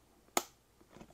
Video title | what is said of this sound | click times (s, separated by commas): 2024 Silverado 12 volt cigarette plug install | you get that satisfying little click | 0.4 s